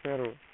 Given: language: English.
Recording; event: throat vibration sensor signal played as sound; speech